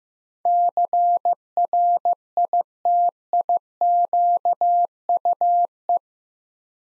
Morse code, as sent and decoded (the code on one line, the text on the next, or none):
-.-. .-. .. - .. --.- ..- .
CRITIQUE